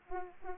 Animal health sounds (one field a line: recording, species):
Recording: mosquito wingbeat signal from an infrared sensor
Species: Aedes aegypti